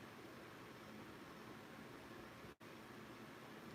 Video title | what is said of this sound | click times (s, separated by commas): Finishing the Little Stellar Micro 3” | well it didn't click but it it's way tight now so we're good now it's nice and tight on that | none